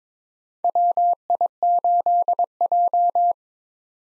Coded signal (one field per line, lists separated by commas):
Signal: Morse code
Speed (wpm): 21 wpm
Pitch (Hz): 700 Hz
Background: none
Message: WI8J